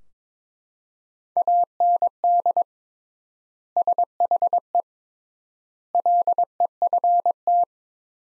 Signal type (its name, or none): Morse code